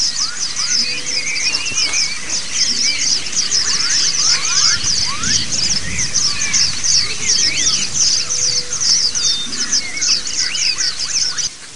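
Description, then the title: White-eye song as a busy, overlapping chorus of thin high chips and trills, with scattered sliding whistles underneath. White-eyes singing in a group (ombyokan), a therapy (terapi) recording. "Suara Terapi Pleci Ombyokan"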